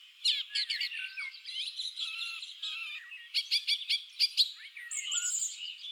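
Song thrush song in a busy, overlapping passage of whistles and trills, with a series of sharp, repeated clicking notes in the middle.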